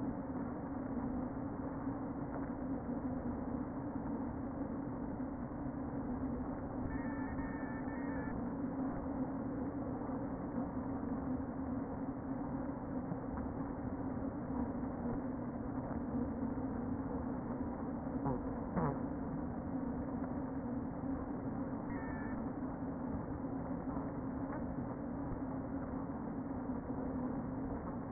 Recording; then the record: honeybee colony, microphone inside the hive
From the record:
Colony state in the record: queen present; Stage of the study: before two queens were removed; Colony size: about 60,000 bees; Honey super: yes